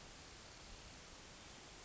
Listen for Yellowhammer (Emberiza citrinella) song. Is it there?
no